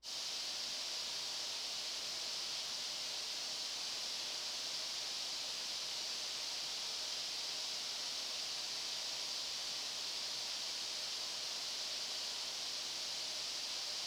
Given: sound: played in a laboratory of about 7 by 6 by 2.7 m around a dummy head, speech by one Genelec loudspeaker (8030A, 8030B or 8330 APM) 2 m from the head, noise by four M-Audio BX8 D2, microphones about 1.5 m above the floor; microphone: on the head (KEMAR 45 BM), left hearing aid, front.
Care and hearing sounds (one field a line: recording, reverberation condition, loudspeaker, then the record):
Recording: white noise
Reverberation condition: high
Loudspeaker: four, about 170 cm from the corners of the room and facing them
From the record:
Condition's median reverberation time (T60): about 1300 ms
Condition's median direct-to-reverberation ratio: about -4.0 dB